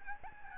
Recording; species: mosquito wingbeat signal from an infrared sensor; Aedes albopictus